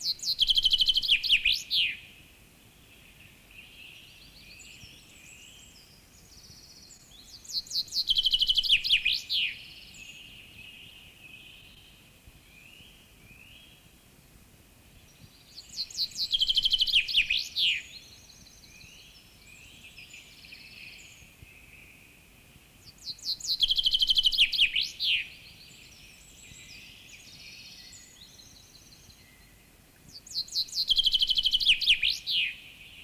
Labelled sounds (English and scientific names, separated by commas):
Common Chaffinch (Fringilla coelebs) song